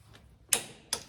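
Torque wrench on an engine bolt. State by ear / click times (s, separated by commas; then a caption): torque reached / 0.5 s. A torque wrench tightens a bolt that was found loose on a Caterpillar truck engine during injector work, giving a sharp click at 0.5 s. A second, slightly softer click follows at 0.9 s. The click confirms the bolt is tight.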